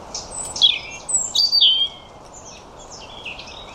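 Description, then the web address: European robin delivering a high, wistful phrase of descending slides and thin, sweet warbles, fading into softer twittering notes; steady faint hiss beneath. "Deverinetal 2025 File origin Bird Only Er Ru"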